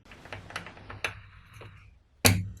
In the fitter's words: tighten the nuts and push the wiring connector until you hear a clicking sound.